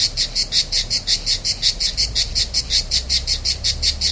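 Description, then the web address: Cicada song: loud, pulsing high buzz, beats about every third of a second, over low background rumble. Recorded on 3 September 2009, starting at 07:29 in the morning. "cigales Enregistrement Cigales enregistrement"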